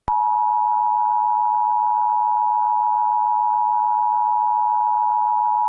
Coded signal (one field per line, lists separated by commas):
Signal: Emergency Alert System (SAME) tones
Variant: 853 and 960 Hz attention tone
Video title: EAS Remake: Blue Alert [Civil Emergency Message (CEM)] for Durham, NC on Dec 2, 2020 (READ DESC)